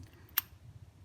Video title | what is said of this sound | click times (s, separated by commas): How to change spark plugs Toyota Corolla Matrix Auris Scion xD Pontiac Vibe 1.8 | it kind of locks in place and it will not fall off so you'll be able to | 0.4 s